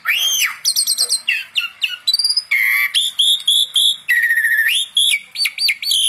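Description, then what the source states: Asian pied starling singing a mix of arched whistles, long level whistled notes and quick chattery bursts, changing phrase often. Masteran training audio of Asian pied starling song, used to spur songbirds that sing little or seem listless into singing.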